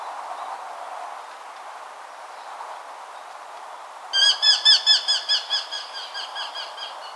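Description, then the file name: Eurasian hobby calling: after four quiet seconds comes a rapid series of about a dozen sharp, ringing notes that start loud and fade steadily. "Falco subbuteo"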